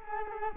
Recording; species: mosquito wingbeat signal from an infrared sensor; Culex quinquefasciatus